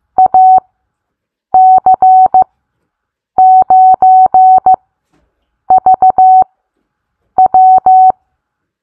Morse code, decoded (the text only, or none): AC9VW